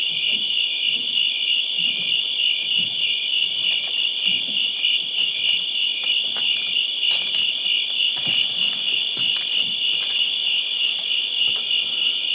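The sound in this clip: Crickets in a loud, continuous high trill, with scattered faint clicks and taps breaking in now and then.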